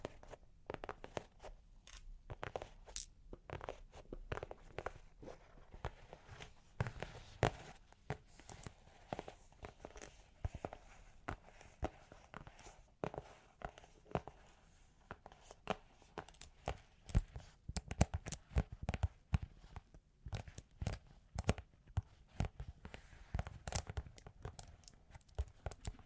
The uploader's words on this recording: Long Claws Tapping and Scratching (No Talking).